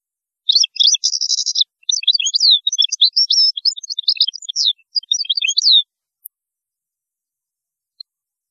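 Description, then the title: European goldfinch song: a five-second stream of twittering and buzzy notes, with quick high chirps and trills, ending in silence. "Chant Chardonneret"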